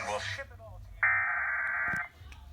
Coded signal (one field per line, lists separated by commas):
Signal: Emergency Alert System (SAME) tones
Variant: header bursts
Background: speech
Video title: FFW #5 on KHQ-DT (EAS #1080)